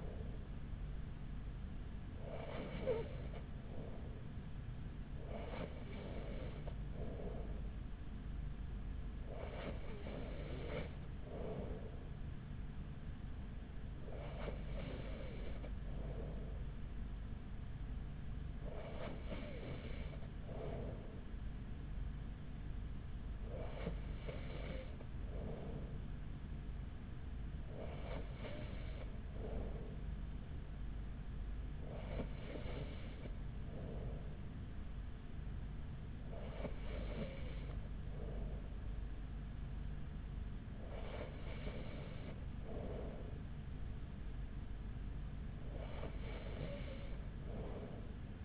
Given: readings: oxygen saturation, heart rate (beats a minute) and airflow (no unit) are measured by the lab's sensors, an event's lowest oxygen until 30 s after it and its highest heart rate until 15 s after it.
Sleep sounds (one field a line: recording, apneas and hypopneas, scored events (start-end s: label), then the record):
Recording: breathing in sleep by a smartphone at the bedside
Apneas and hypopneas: none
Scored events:
none scored
From the record:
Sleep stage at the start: N3 (deep sleep)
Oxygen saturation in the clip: 94%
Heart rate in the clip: 41 to 43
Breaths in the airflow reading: 12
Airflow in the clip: -4.7 to 4.5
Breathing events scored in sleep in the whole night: 207 in 7.6 hours asleep